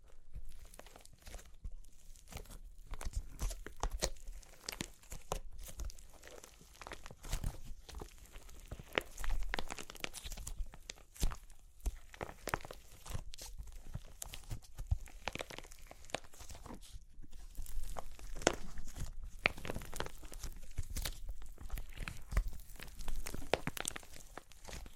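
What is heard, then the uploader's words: Clay cracks and crunches in a dense, irregular stream of sharp crackles and tearing snaps, steady in level throughout with occasional louder bursts. Super Crunchy Clay Cracking (No Talking).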